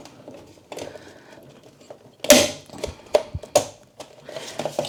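The plastic base sections of a DREO 519S tower fan are clipped together by hand, giving several sharp plastic hits over quiet handling noise. The halves snap into each other at 2.3 s and 3.6 s, and the base sections are seated together.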